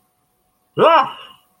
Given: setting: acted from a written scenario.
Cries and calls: vocal sound without words; embarrassment

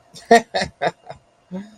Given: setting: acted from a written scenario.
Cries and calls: vocal sound without words; amusement

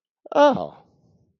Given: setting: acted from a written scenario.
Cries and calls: vocal sound without words; positive surprise

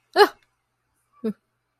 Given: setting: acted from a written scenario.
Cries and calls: vocal sound without words; negative surprise

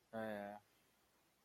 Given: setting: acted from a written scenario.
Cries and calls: vocal sound without words; sympathy

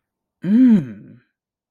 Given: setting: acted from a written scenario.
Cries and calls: vocal sound without words; desire

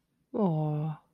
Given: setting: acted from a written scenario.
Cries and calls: vocal sound without words; sympathy

